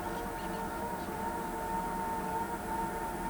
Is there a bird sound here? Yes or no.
no